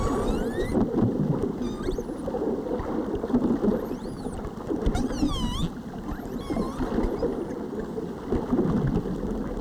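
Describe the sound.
Whale calls: a series of tonal whistled sweeps, some rising and some falling, come in bursts over a steady rumbling, crackling underwater noise.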